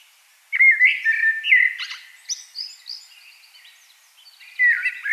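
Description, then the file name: Common blackbird song, a few mellow whistled notes followed by high scratchy twitters, a pause, then the start of another phrase at the end. "Turdus merula"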